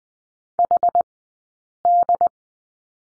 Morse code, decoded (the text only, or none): HD